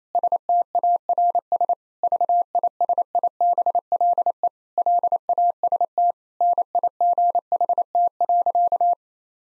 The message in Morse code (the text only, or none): STARS VISIBLE LAST NIGHT.